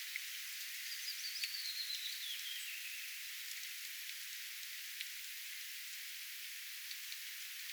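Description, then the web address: Willow warbler song: one soft phrase of quick notes sliding gently downward over about two seconds, set against a steady background hiss with a few faint ticks. Recorded 10 May 2025; the bird gradually comes closer while singing and finally sings right beside the recorder. "paivat 10 5 2025 pajulintu tulee vahitellen lahemmaksi laulamaan ja on lopuksi aivan vierella"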